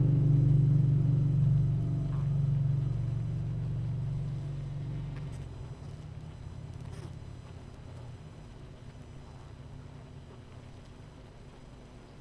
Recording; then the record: honeybee colony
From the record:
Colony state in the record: missing queen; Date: 14 July 2017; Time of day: 21:51